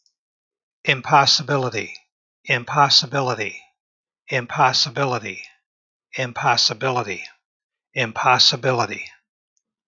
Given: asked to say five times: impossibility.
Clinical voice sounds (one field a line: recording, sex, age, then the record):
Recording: repeated word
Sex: male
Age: 70 to 79 years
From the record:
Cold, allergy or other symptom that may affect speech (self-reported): no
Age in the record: 70 years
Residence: Michigan, United States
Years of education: 16